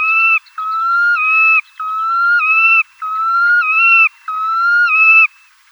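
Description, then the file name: Red knot whistled song: a series of long, steady whistles, each with a step in pitch, repeated about once a second. "Pesochnik islandskij"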